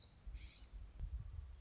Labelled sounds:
Black-throated Gray Warbler
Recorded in Sonoma County, California

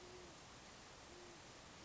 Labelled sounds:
Great Horned Owl
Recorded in Sonoma County, California

